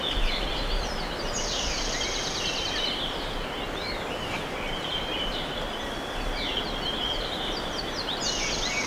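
Bird calls: high chirps, short rattling trills and thin notes, repeated throughout, over a steady loud hiss of background noise.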